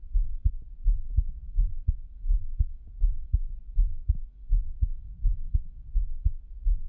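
Soft, deep thumps repeat at about 83 beats a minute, often heard as lub-dub pairs with a fairly steady rhythm. This is an adult's own heartbeat heard close up. A low, muffled rumble sits underneath it.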